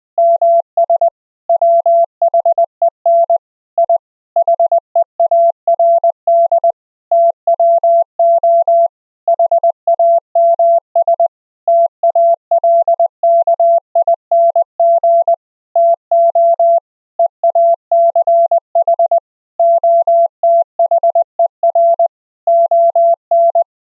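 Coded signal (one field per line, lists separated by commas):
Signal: Morse code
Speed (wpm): 20 wpm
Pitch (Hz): 680 Hz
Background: none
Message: MS WHEN I HEARD TWO HAMS TALKING TO EACH OTHER ON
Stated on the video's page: Internet Morse net over Mumble: three operators sending simultaneously at different speeds and pitches of 500, 600 and 700 Hz, separated by tight audio bandpass filters.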